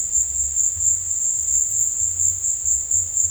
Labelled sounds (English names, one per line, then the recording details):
none
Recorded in dense forest near Puerto Asís, Putumayo, Colombia, on 22 December 2024 at 17:00
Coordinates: 0.484, -76.325
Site G056